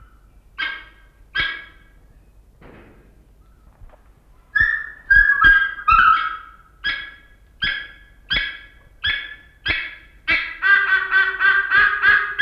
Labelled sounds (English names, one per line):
White-bellied Sea Eagle call